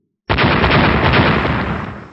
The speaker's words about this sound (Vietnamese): Những tiếng nổ vang lên liên tục